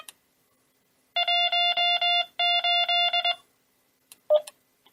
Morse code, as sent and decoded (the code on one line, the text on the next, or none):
.---- ---..
18